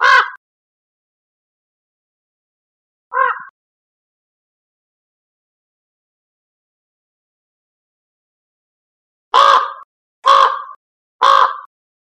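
Common raven giving harsh, hoarse croaks: two single calls about three seconds apart, then a quick run of three after a long pause, with silence between.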